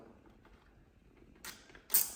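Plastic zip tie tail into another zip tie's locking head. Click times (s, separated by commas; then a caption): 1.9 s. A plastic zip tie's tail is fed through the locking head of another zip tie on a balloon cart and pulled until it catches. After quiet low rustling, a short bright rasp comes at about 1.5 s, then a louder sharp zip-and-click at 2.0 s as the tie locks into place.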